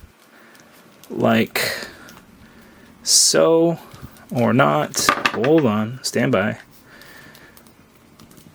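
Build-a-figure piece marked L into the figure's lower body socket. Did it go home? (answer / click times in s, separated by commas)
no / none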